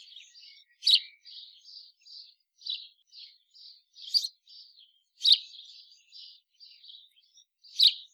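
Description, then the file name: House sparrow chirping: a steady run of short, clipped chirps with louder, sharper notes every few seconds. "Passer domesticus"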